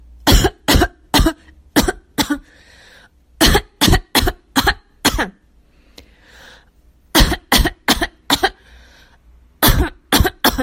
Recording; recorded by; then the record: voluntary cough; messaging app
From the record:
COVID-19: negative